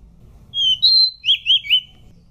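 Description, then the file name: Pied bush chat giving a single short song phrase: two longer whistled notes followed by three quick slurred notes. "suara decu belang"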